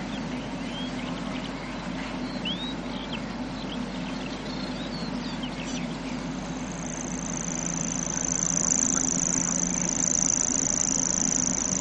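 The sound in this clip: Grasshopper warbler song, a sustained high ticking reel starting partway through and continuing steadily, after a stretch of varied chirps from other birds, with constant low background noise.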